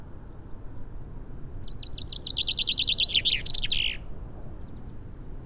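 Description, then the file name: Common chaffinch song: a bright descending trill of rapid repeated notes ending in a loud flourish, lasting about two seconds, over steady low rumble. "Fringilla coelebs"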